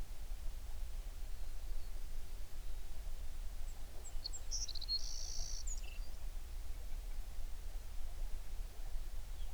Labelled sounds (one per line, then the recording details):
songbird
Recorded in the Prudhoe Bay oil fields, Alaska, on 11 June 2019 at 04:45
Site 21